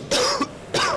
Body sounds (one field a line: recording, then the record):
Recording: coughing mixed with background sound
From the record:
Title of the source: Coughing 60